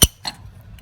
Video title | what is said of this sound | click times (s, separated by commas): How to fish Electric Wire Behind Interior Walls into Crawlspace | the piece like so so I got my spade bit and I've snapped that in place and | 0.3 s